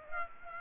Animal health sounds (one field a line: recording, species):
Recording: mosquito wingbeat signal from an infrared sensor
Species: Aedes aegypti